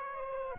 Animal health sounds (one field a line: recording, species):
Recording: mosquito wingbeat signal from an infrared sensor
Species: Aedes aegypti